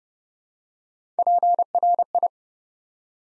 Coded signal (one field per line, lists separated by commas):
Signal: Morse code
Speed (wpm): 30 wpm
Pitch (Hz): 700 Hz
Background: none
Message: PRI